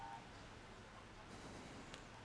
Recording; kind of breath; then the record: one breath in and out by a microphone near the nose and mouth; deep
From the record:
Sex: male